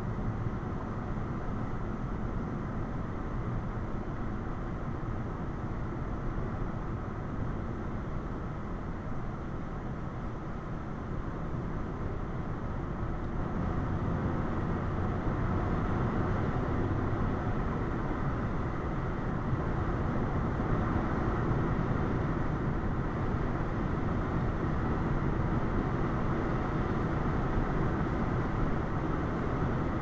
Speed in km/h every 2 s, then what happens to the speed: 71, 74, 76, 74, 74, 74, 82, 89, 95, 93, 95, 97, 97, 97, 97.
0-11 steady at about 74. 11-16 speeds up to 95. 16-30 steady at about 97.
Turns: none.